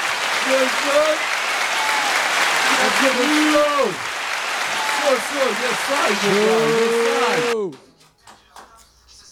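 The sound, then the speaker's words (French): A crowd applauds loudly with steady, dense clapping, while voices cheer and whoop in rising and falling shouts. The noise cuts off abruptly near the end, leaving only faint sounds. “Allez, faites du bruit.”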